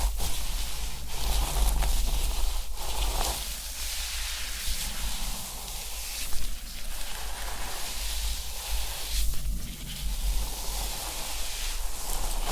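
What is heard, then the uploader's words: Hair brushing and scalp scratching, a dense, steady rustle of bristles through hair with bright, hissing strokes. Sharper scrapes stand out near the start and again around six and nine seconds. A low, constant hum runs underneath. ASMR Relaxing Scalp Massage + Hair Care Treatment head massage, scalp scratching + hair brushing.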